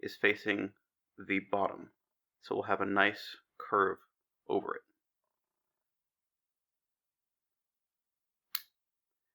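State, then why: Seated. A crimped contact is pushed into an Anderson power connector housing, oriented so the top faces the bottom. Someone talks for the first few seconds, then after a quiet pause the contact seats with a single sharp, bright snap at 8.6 s.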